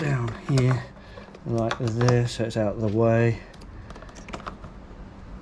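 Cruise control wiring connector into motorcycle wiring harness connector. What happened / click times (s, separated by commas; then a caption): Connector and wiring handled, not yet mated / none. A Veridian Cruise cruise control wiring connector is routed and positioned out of the way on a Suzuki V-Strom 800RE/800DE/800SE or GSX-8S/GSX-8R motorcycle before it is mated to the motorcycle wiring harness connector. Someone talks for the first few seconds, then faint handling ticks follow around 4.3–4.5 s and at 5.5 s. These are handling noises only; the connector has not seated or clicked yet.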